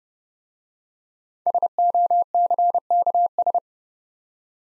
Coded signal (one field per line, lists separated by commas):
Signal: Morse code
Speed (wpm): 28 wpm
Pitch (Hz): 700 Hz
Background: none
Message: SOCKS